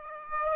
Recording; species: mosquito wingbeat signal from an infrared sensor; Aedes aegypti